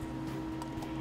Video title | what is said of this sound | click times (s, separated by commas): PicoSure Focus - Treatment by RNSBrice | you're going to put on your focus tip and you'll hear a snap | 0.6 s